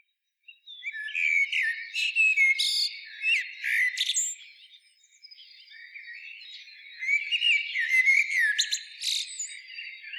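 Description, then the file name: Common blackbird song, flowing fluted whistles mixed with high scratchy chips, fading in the middle before a second whistled phrase. "Turdus merula"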